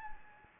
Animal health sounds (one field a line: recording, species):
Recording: mosquito wingbeat signal from an infrared sensor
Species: Anopheles gambiae